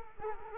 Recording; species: mosquito wingbeat signal from an infrared sensor; Culex quinquefasciatus